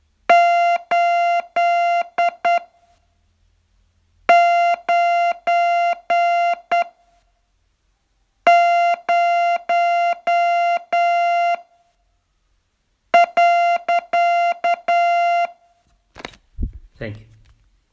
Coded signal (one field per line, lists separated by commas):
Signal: Morse code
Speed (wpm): 9 wpm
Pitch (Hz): 690 Hz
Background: speech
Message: 8 9 0 .